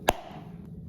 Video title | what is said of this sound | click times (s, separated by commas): 2024+ HONDA CBR/CB 650R INTEGRATED TAILLIGHT + TUCKED MOUNT - INSTALLATION | You hear it pop, | 0.1 s